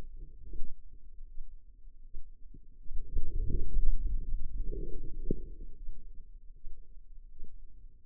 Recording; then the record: forearm muscle sounds (acoustic myography)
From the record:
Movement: outward rotation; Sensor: system 2, bracelet of six BSWA MPA416 microphones around the upper forearm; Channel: 5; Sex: female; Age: 25 years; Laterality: right